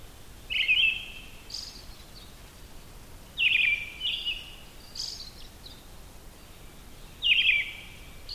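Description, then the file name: Brown-headed thrush with three whistled song phrases roughly every three to four seconds, the first two followed by quieter high twittering notes, against gentle background hiss. "akahara"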